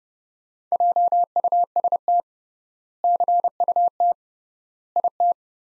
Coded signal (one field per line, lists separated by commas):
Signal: Morse code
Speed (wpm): 30 wpm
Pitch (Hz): 700 Hz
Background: none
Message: JUST CUT IT